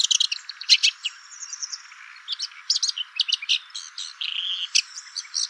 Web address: songs lanius collurio call